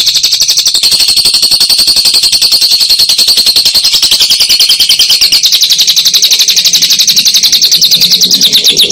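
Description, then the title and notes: Lovebird chatter: a long, unbroken, fast and shrill buzzing trill of high notes. Used as masteran, training material for other songbirds. "Suara Burung Lovbred Buat Masteran"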